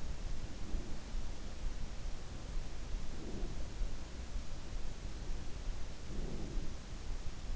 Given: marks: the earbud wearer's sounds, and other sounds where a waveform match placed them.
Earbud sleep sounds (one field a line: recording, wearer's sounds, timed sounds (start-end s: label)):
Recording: sounds in sleep by an in-ear microphone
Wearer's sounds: breath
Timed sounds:
0.37-1.20 s: breath
3.00-3.71 s: breath
5.98-6.94 s: breath